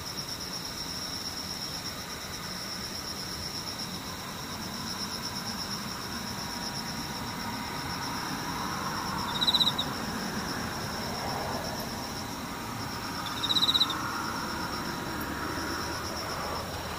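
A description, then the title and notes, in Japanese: Insects keep up a steady, high, thin drone through the whole recording, unchanging in pitch. Two brief, louder chirps stand out near 9.5 and 13.5 seconds, while a low rumble, like traffic, swells gently in the middle. セミムシ。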